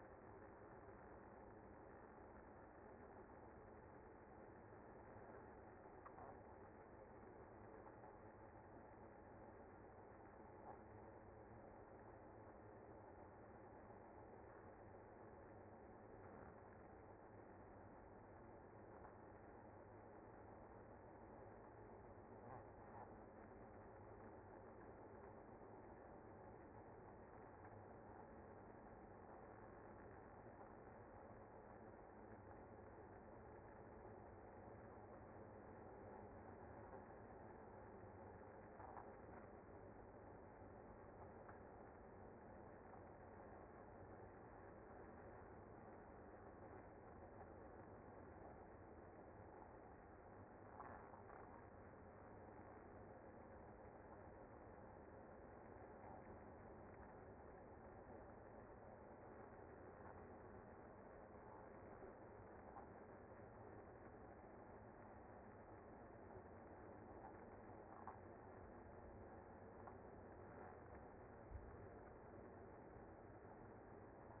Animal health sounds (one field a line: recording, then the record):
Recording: honeybee colony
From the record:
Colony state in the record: active